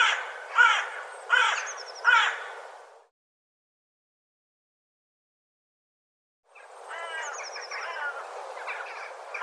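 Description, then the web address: Bird calling with three harsh, raspy notes spaced under a second apart, a pause, then a longer burst of rough chattering calls with thin higher notes above. "cianscape birddata Deverinetal"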